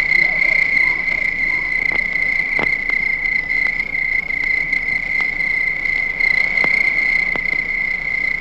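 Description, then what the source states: Crickets in a continuous shrill trill, punctuated by several sharp clicks and taps scattered throughout. Crickets at night.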